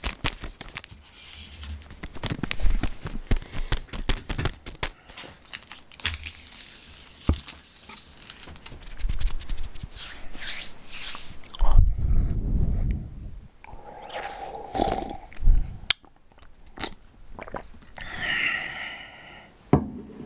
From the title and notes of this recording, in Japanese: 食べ物を食べる音。ファンのプレゼントお菓子。